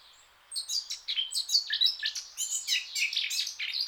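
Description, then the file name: Eurasian blackcap song: a quick, busy warble of mixed scratchy and clearer notes running without a break. "Sylvia atricapilla"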